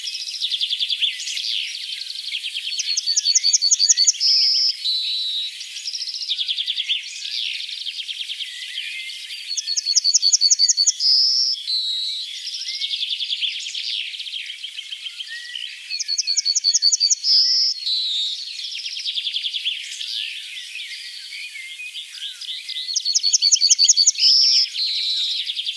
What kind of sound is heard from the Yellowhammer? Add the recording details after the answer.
song. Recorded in the wild. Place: Oberrotweil am Kaiserstuhl, Baden-Württemberg, DE. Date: 1985-05-01. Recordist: Schwarz, Dieter